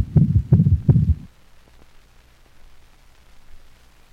A dog in heart failure. The third heart sound is a low-frequency sound that gives the impression of a thud after the murmur.